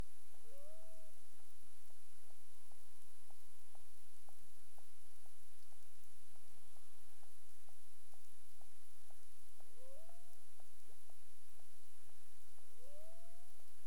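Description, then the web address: Cetacean clicks, faint and irregular sharp ticks, mixed with three short rising whistle-like sweeps, one early and two late, over steady underwater hiss and a constant high tone. Recorded at Bermuda on 22 April 2021 at 23:53 UTC; clicks. "CARIMAM. BERMUDE 23 h 53 clic"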